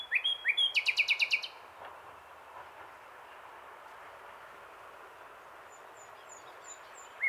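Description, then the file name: Common nightingale song: a brief loud trill of rapid repeated chips near the start, followed by several seconds of quiet hiss and a final short note. "Luscinia megarhynchos"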